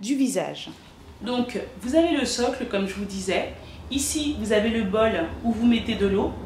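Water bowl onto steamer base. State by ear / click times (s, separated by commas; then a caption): not seated / none. A plastic water bowl for a hair and face steamer is handled next to the steamer's base, ready to be clipped on, while someone talks throughout. Nothing has seated or clicked yet; the clip ends with a brief sharp sound at 6.5 s, just before the bowl goes home.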